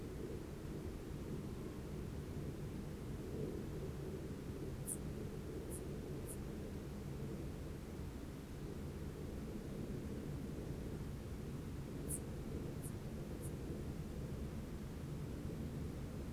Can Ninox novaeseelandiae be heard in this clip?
no